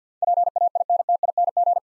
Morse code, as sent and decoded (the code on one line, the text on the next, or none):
.--. .- .. -. - .. -. --.
PAINTING